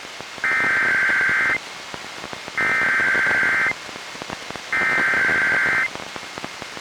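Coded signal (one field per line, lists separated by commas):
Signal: Emergency Alert System (SAME) tones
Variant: header bursts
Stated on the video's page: Required Monthly Tests relayed by a NOAA Weather Radio station, recorded from a Reecom R-1630 weather radio, and by a TV station.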